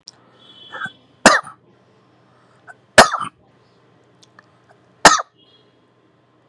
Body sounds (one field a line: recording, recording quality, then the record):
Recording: heavy voluntary cough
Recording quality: moderate, slight background noise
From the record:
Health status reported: COVID-19 positive, mild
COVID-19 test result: positive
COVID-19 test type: RT-PCR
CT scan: not taken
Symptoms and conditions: cough, sore throat, hypertension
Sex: male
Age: 61 years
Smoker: no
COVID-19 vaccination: both doses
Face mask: not worn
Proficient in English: yes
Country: India